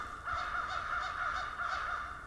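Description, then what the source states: American Crow caws: a run of several harsh caws in quick succession. Some American crows, seemingly conversing with each other; first bird recorded in 2021, on January 1st, 2021, in a quiet camping area of a conservation area in southern Ontario.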